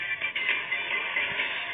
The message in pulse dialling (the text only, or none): none